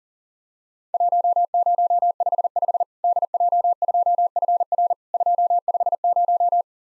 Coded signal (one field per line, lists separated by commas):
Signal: Morse code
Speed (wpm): 37 wpm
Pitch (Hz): 700 Hz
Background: none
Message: 1055 DJ2FR 250